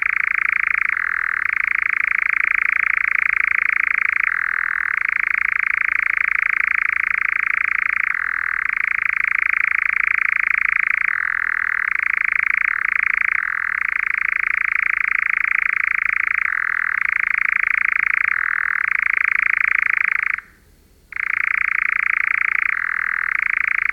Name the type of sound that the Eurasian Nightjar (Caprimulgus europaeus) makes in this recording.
call